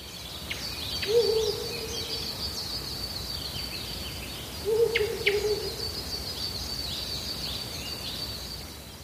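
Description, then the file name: Ural owl giving two low, short hooting calls about four seconds apart, with faint high chirps and a steady background hiss. "fukuro"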